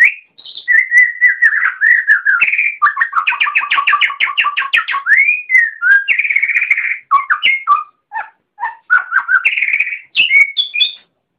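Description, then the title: Oriental magpie-robin delivering a long varied song: whistled slurs, a rapid trill of repeated notes, then scattered sharp notes and high whistles. "Kicau Kacer"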